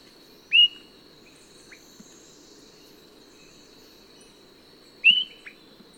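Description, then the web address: Swainson's thrush calls: two short, sharp whistled notes about four and a half seconds apart, each followed by a few fainter notes, over a steady high-pitched insect drone and a soft low background hum. Recorded in Ecuador. "Birds of Ecuador Swainson's Thrush"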